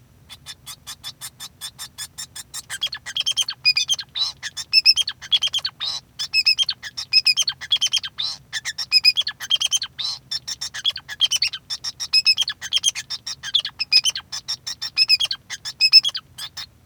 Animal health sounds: song of a male Bengalese finch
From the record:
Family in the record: son of father 2

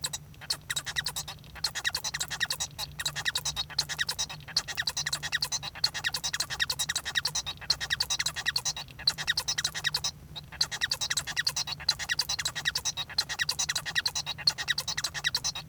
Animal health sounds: song of a male Bengalese finch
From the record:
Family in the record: son of father 1

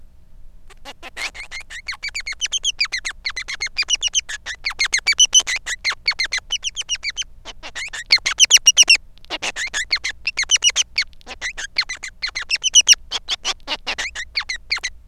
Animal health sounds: song of a male Bengalese finch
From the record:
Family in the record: son of father 3

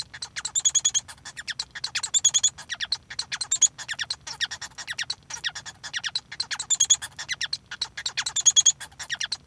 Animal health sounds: song of a male Bengalese finch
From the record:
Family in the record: son of father 1

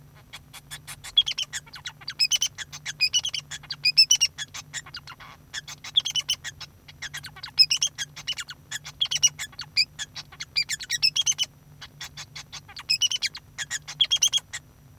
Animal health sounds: song of a male Bengalese finch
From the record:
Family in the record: son of father 2

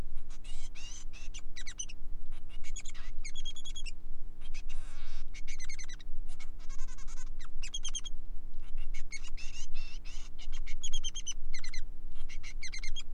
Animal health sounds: song of a male Bengalese finch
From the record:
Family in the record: son of father 3

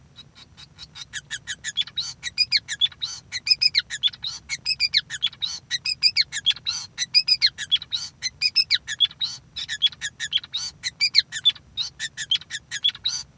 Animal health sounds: song of a male Bengalese finch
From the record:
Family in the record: son of father 5

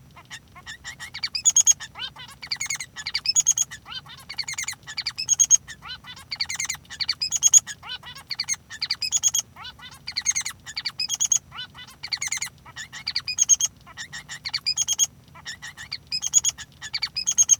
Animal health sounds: song of a male Bengalese finch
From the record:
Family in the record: son of father 3

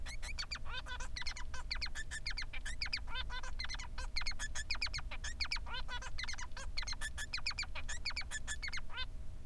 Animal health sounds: song of a male Bengalese finch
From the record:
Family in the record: son of father 3

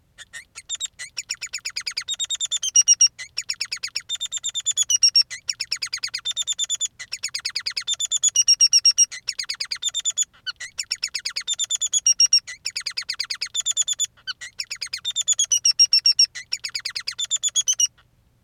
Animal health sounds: song of a male Bengalese finch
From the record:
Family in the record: son of father 3

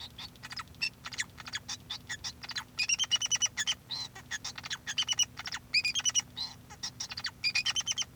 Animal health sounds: song of a male Bengalese finch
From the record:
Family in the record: son of father 2

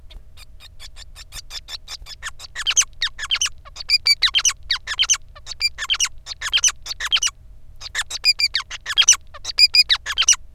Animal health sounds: song of a male Bengalese finch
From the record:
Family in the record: son of father 5

